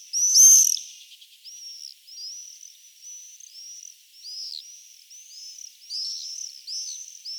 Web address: vogelstimmen mauersegler nabu lars lachmann